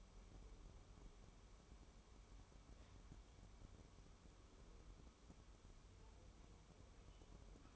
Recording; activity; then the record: daily activity, microphone in the room; wipe stove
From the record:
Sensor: 1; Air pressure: 1015.1 hPa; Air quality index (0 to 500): 38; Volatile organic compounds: 1 ppm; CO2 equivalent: 578 ppm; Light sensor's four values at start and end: 13/32/13/14 and 13/32/13/14